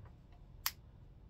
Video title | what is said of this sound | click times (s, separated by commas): G.I.Joe Classified B.A.T. figure unboxing. thefrenchspy81 adult collector. | okay so there was a satisfying snap and then there is um a cover but | 0.7 s